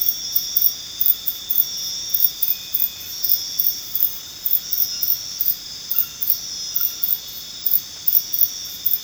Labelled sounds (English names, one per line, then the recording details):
none
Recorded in dense forest near Puerto Asís, Putumayo, Colombia, on 9 March 2025 at 00:30
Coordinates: 0.486, -76.317
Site G053